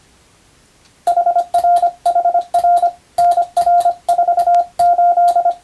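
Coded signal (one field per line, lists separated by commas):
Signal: Morse code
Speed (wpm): 25 wpm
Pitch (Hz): 700 Hz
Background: radio noise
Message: HRHR NR48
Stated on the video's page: Morse practice for the Japanese radiotelegraph operator national exam, using European-language telegram practice texts.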